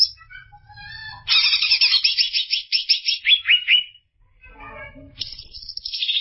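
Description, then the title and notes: Greater green leafbird song opens with scattered soft notes, then a bright fast chattering phrase of quick repeated notes, a quiet gap, and a strong trill returns near the end. Champion songbird. "Kicau Burung Cucak Ijo Juara. Suara kicauan burung cucak ijo"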